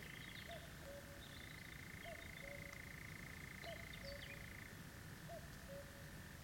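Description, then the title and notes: European nightjar churring: a steady, unbroken mechanical trill that shifts slightly in pitch partway through, with short chirps and whistles from other birds over a low rumble. "Nachtzwaluw. by Omroep Gelderland"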